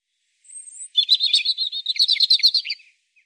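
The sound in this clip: European robin song: a high thin note, then a fast, jumbled phrase of sharp twittering notes and trills lasting about two seconds, in a clean, quiet background.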